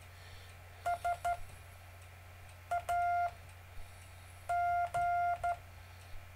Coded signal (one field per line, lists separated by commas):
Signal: Morse code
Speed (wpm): 12 wpm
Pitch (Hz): 700 Hz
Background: none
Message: SAG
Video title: David Casler Live Stream Morse Code 4, 17 Mar 2018, 1600-1630 UTC